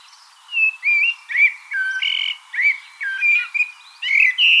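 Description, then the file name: Common blackbird song: flowing, mellow whistled phrases that rise and dip, linked by short twittering notes and keeping up throughout. "Turdus merula"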